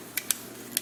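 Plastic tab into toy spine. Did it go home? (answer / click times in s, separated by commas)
yes / 0.3 s, 0.8 s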